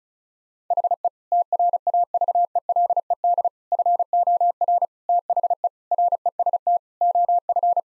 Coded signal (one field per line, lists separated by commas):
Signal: Morse code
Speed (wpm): 36 wpm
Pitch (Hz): 700 Hz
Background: none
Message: HE TRAVELED FOR THE REST OF